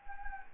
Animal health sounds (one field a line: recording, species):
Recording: mosquito wingbeat signal from an infrared sensor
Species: Anopheles gambiae